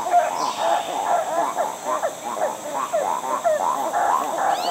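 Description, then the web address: Yellow-handed titi monkey calls in a dense, overlapping burst of quick hooting and pumping notes, rhythmic and sustained, against a constant high insect hum. Primate of the South American rainforest. "Natures Songs S America Primates of the Rainforest Yellow-handed titi monkey"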